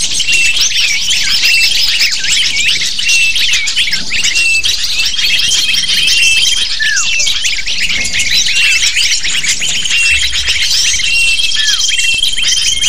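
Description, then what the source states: Lovebirds calling together in a continuous high-pitched chorus of sharp chirps and squeaks, with occasional long, thin, level whistles above. Calls used as a lure to attract lovebirds.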